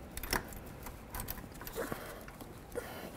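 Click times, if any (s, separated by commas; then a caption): 0.3 s. The rear fuel line quick-connect coupling on a 2005-14 Ford Mustang is slid onto a new inline fuel filter. A sharp click at 0.3 s shows it has seated, followed by a few softer clicks and rattles.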